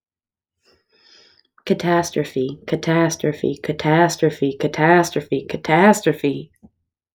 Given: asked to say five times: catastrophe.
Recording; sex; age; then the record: repeated word; female; 20 to 29 years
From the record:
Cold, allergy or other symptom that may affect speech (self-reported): no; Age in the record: 25 years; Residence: Indiana, United States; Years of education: 17